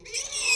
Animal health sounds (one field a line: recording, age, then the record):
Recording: pig call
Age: weaner (32 to 43 days)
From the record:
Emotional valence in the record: negative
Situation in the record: short isolation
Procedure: open field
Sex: female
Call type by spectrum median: high-frequency call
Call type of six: high-frequency stable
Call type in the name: high-frequency stable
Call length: 0.56 s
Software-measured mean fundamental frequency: 481 Hz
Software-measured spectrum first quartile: 2550 Hz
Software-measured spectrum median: 4562 Hz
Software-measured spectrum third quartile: 6573 Hz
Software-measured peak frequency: 2516 Hz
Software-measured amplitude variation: 150 dB a second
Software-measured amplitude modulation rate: 22.3 a second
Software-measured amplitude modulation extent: 6.7 dB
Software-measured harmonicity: 5.9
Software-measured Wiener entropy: -2.15